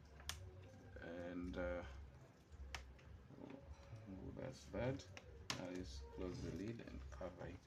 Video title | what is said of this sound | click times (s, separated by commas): The keyboard replacement: Lenovo IdeaPad u310: back to life! | You can hear them snap into their locks right there. | 0.3 s